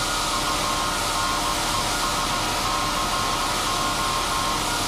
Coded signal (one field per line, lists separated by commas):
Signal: Morse code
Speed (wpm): 17 wpm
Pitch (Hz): 1070 Hz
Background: none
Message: UNESCO